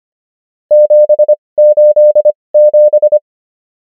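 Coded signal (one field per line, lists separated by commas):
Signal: Morse code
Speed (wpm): 25 wpm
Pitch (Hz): 600 Hz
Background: none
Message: 787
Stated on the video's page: Morse code practice of numbers with 25wpm character speed and 20wpm word speed, Farnsworth spacing.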